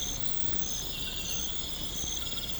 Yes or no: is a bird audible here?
no